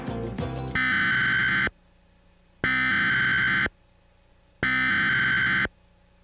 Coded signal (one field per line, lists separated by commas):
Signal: Emergency Alert System (SAME) tones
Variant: header bursts